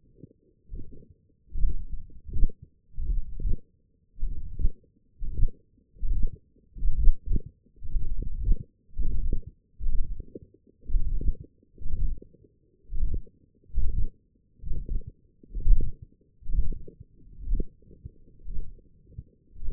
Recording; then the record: forearm muscle sounds (acoustic myography)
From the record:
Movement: radial deviation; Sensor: system 1, eight BSWA MPA416 microphones around the upper forearm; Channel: 5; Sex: male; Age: 21 years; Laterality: right